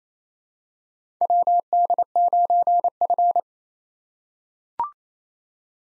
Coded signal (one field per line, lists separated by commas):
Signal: Morse code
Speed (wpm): 29 wpm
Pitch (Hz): 700 Hz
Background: none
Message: WD9F